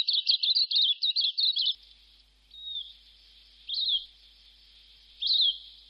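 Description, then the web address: Silvereye chirps: a quick run of high twittering notes, then three separate thin, high calls spaced a second or more apart. In a Canberra garden. "canberra-garden-birds silvereye"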